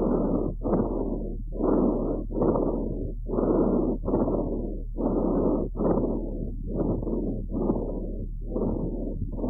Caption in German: Fohlen mit Bronchitis sind wegen der oft kürzeren Krankheitsdauer an Lunge und Trachea häufiger feuchte Rasselgeräusche hörbar. Ein feuchtes Rasselgeräusch über der Trachea.